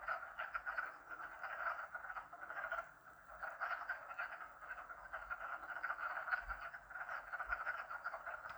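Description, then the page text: Wood frogs calling in a continuous chorus of short, clucking croaks that overlap densely and steadily throughout. Recorded in Maryland. "Maryland Biodiversity. Wood Frog ( Lithobates sylvaticus )"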